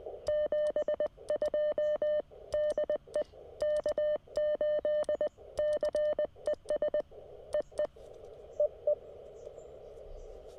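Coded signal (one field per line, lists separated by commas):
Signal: Morse code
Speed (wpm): 20 wpm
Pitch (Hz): 590 Hz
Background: none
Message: 72 DE K8CES EE EE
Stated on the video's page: Morse sent during a Parks on the Air state park activation.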